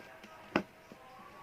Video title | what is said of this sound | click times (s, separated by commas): REVIEW !! MESIN JAHIT MINI PORTABLE. RECOMMENDED | ditarik, masukin lagi ke sini sampai bunyi ceklek gitu, | 0.6 s